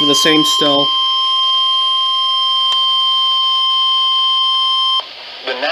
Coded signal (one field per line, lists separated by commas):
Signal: Emergency Alert System (SAME) tones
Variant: 1050 Hz attention tone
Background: speech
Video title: NOAA Radio (EAS # 464 465) Double Header SVR's